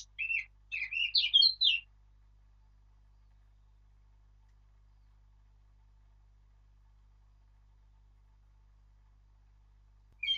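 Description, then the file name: Eurasian blackcap song: a short warbled phrase of quick varied notes lasting under two seconds, followed by a long silence and a brief note at the end. "Sylvia atricapilla"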